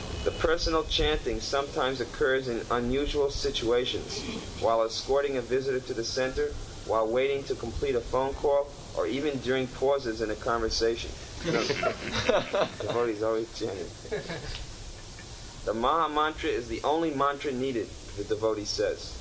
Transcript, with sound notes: "The personal chanting sometimes occurs in unusual situations---while escorting a visitor to the center, while waiting to complete a phone call, or even during pauses in a conversation." [laughter] Devotees are always chanting. " 'The mahāmantra is the only mantra needed' the devotee says.